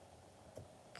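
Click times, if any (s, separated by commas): 1.0 s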